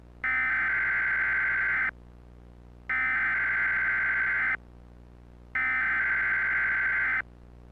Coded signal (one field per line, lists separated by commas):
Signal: Emergency Alert System (SAME) tones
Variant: header bursts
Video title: EAS Scenario #13: "The Event"